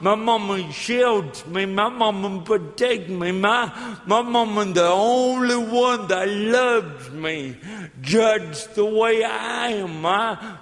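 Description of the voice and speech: An adult man speaks slowly and with effort, with drawn-out, strongly nasal vowels, blurred consonants, a restart on one word and a raised, strained pitch. This is dysarthria from cerebral palsy present since birth, caused by lack of oxygen to the brain after 18 minutes without breathing at birth; it also affects his walking. The speech is hard to follow at first, but listeners adjust within minutes.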